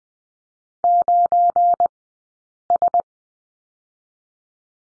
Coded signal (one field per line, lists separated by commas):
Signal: Morse code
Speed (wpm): 20 wpm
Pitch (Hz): 700 Hz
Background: none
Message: 9S